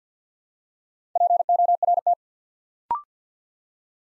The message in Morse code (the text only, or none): PORT